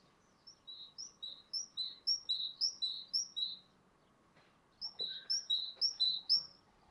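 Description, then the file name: Great tit song, alternating two-pitched notes repeated steadily in a run, then a second run after a pause. "Parus major"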